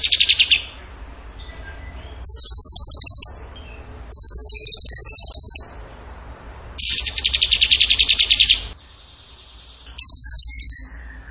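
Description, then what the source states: Bird song in loud, rapid, high buzzing trills lasting one to two seconds, separated by short quiet gaps. Two bursts sound lower and broader than the rest. Masteran (training recording for songbirds), in the tembakan gacor song style.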